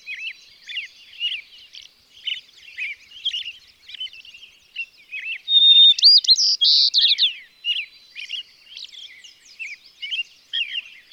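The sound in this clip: White-crowned Sparrow gives one bright whistled-then-buzzy phrase midway, with softer chirping before and after.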